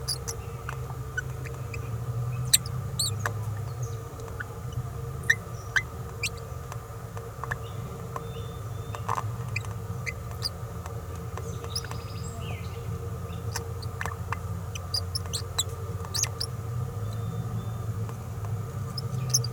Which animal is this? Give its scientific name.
Forpus passerinus